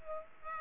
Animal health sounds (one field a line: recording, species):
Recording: mosquito wingbeat signal from an infrared sensor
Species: Culex pipiens